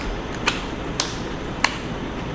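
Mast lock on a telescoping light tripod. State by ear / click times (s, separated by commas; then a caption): seated / 1.0 s, 1.7 s. The telescoping mast of a portable scene light is extended, and its locks are closed to hold the height. A softer tick at 0.5 s is followed by two sharp clicks at 1.0 s and 1.7 s, over a steady background hiss. The mast lock snaps closed and the mast is locked into place.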